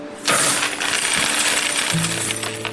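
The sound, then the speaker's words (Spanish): Gold coins drop and clink against one another, a bright metallic jingle that starts abruptly and keeps rattling for a couple of seconds with sharp, ringing tones. “Imaginemos que el banco posee una cantidad total de, digamos, 100 monedas de oro.”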